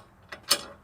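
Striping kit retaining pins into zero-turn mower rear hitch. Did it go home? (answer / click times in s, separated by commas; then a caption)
yes / 0.3 s, 0.5 s. Metal retaining pins of a Big League Lawns stripe kit are pushed into the rear hitch of an EGO Z6 zero-turn mower, giving two short metallic clicks at 0.3 s and 0.5 s, the second louder. The pins are seated and the kit is secure.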